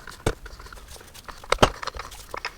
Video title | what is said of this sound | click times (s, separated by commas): How To Rebuild An Allison 1000 Transmission - Duramax | As you heard there, it snapped down all the way. | 1.5 s